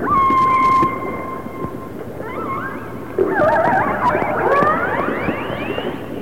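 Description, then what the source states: Orca calls: a long steady harmonic tone, then a burst of many overlapping rising squeals and sweeps against underwater noise. Resident orcas of the A clan.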